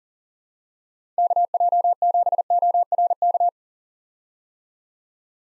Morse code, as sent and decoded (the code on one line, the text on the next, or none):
-.- .--- --... --- .-. -.-
KJ7ORK